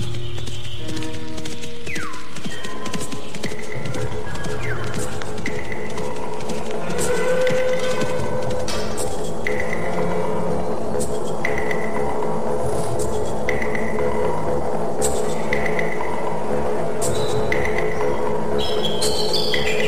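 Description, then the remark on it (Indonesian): Horse hooves gallop in a steady, pounding rhythm, loud and continuous for the whole stretch, with sharp bright accents landing at regular intervals over a dense low rumble. “Kuda ini bukan kuda yang baik untuk berjalan jauh.”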